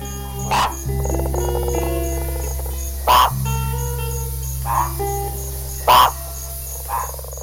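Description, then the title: Giant monkey frog giving short, hollow clucking knocks, spaced about one to three seconds apart, over a steady low hum, with faint high pulsing chirps. Amazonian tree frog, active at night; males chorus around water to attract females and warn rival males away. "Pas si betes. La rainette singe"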